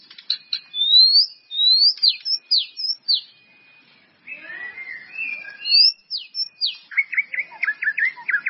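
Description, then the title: White-rumped Shama singing loud, clear whistles that rise and fall, then a fast run of sharp descending notes near the end. "murai batu"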